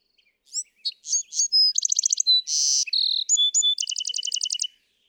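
Bewick's wren, complex song: brief high notes, rapid chatter, a loud buzzy rasp, whistles, then a long two-toned trill.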